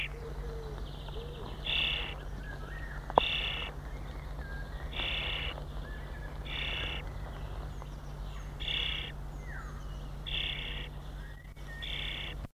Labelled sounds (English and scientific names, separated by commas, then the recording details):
European Starling (Sturnus vulgaris) call
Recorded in the wild
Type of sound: call
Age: immature
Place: Niederhaverbeck (Bispingen), Lüneburger Heide, Niedersachsen, DE
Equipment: Halbspur, 9,5 cm/s
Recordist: Lütgens, Hans
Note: Fast flügge Junge